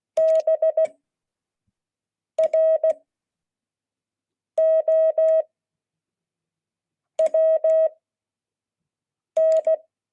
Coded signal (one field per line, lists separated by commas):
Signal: Morse code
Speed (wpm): 16 wpm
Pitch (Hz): 630 Hz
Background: none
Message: B R O W N